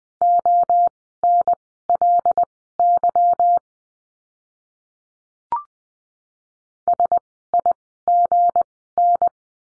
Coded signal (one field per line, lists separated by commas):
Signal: Morse code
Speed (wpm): 20 wpm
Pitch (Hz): 700 Hz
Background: none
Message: ONLY SIGN